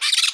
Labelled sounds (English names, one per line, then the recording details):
Brown-throated Parakeet contact call
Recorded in Margarita
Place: San Francisco, near stadium
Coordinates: 11.018, -64.294